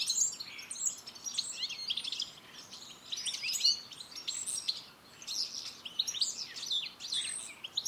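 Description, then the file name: European goldfinch twittering, rapid liquid chirps and buzzy notes in irregular bursts over soft background noise. "Carduelis carduelis"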